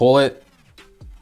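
Someone talks, then pulls down the plastic kickstand on a rugged Poetic Spartan phone case for a Samsung Galaxy S21 / S21+ / S21 Ultra, with faint handling sounds near 0.8 s and 1.0 s. The kickstand has not yet clicked into its locked position.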